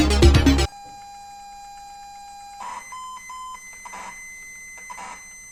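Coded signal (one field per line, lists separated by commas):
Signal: ZX Spectrum tape loading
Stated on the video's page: Played on a real ZX Spectrum 128K +2A.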